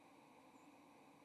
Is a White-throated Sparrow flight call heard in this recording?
yes